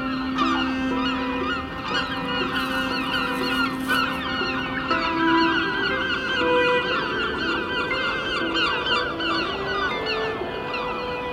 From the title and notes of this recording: En Plein Publiek #1 - Binnerotte. The four pieces are based on sound recordings of other squares in the city of Rotterdam, made during the summer of 2011.